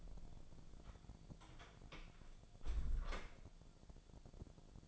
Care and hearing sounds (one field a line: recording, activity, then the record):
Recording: daily activity, microphone in the room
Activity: close door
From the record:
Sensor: 5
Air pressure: 1000.6 hPa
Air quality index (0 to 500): 155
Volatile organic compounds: 2 ppm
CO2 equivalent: 1191 ppm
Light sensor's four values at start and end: 47/110/46/49 and 47/111/46/49